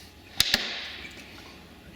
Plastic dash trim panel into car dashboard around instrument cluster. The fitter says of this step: then this piece again just clicks into place